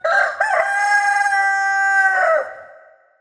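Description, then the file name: Chicken: rooster crowing once: a short opening note, then a long, loud, harmonic-rich cry held steady for nearly two seconds before dropping and fading out. Crow rendered as 'kikeriki'. "kikeriki"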